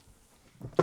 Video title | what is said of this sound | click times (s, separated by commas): YOSHI (Mario Kart) PIPE KART 1:18 Radio Control RC by Carrera - UNBOXING & TESTING! #supermario | So once we've done that, we can just close up the flap, clicks into place, and | 0.8 s